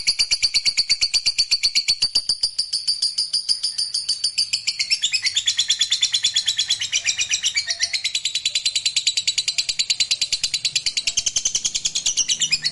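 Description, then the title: Lovebird sustaining a long, very rapid shrill trill of rasping pulses, shifting slightly in pitch midway but continuing unbroken for the whole stretch. Fighter lovebird giving ngekek panjang, a long trill. "Begitu Dengar Suara Lovebird FIGHTER NGEKEK PANJANG"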